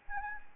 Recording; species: mosquito wingbeat signal from an infrared sensor; Anopheles gambiae